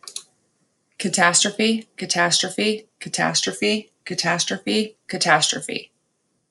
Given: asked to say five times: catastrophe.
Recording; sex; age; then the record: repeated word; female; 30 to 39 years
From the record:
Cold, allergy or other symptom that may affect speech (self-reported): no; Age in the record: 35 years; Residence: United States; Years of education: 12